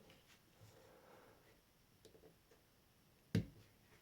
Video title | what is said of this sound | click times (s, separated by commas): Glock Frame Detail Strip | I'll just go ahead and slide that in and I'm going to push that in until I it'll snap in place | 3.3 s